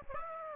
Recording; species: mosquito wingbeat signal from an infrared sensor; Aedes aegypti